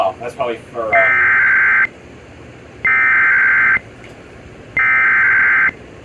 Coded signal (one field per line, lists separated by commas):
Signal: Emergency Alert System (SAME) tones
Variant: header bursts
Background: speech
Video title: WELCOME HOME. 3,000 ALERTS!!! || EAS Alerts from August 17, 2024 (EAS #2,959-3,006)